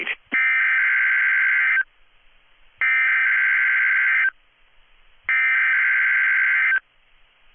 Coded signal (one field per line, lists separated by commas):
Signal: Emergency Alert System (SAME) tones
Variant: header bursts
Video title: WXR Weekly Tests (EAS #880-#889)